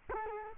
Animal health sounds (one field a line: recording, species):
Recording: mosquito wingbeat signal from an infrared sensor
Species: Culex quinquefasciatus